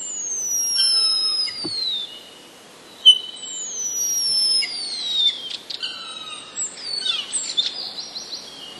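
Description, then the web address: Common starling song with long, high, descending whistled slurs, scattered clicks, and dense warbled phrases toward the end, over faint steady background noise. Starling song containing mimicry borrowed from passerine birds. "wroblowe zapozyczenia szpaki"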